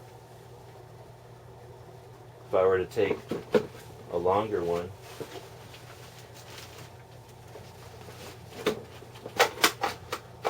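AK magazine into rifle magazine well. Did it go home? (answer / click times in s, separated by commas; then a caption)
no / none. A longer AK-pattern magazine is handled at the magazine well of an AMD-65 rifle while someone talks, followed by several sharp metallic clicks and knocks near the end. The magazine is not yet home, and nothing has seated or locked yet.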